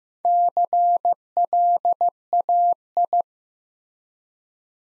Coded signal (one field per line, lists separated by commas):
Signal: Morse code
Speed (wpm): 15 wpm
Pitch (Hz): 700 Hz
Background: none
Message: CLAI